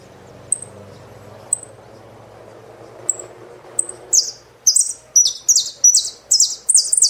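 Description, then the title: Saffron finch song: several spaced high chips, then a run of rapid, loud downslurred phrases. "Jilguero Argentino"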